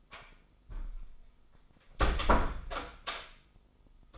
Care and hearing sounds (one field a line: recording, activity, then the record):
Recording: daily activity, microphone in the room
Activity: close door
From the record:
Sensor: 5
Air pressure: 996.2 hPa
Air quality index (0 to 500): 32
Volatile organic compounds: 1 ppm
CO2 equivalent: 569 ppm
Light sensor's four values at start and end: 43/101/42/44 and 43/101/42/44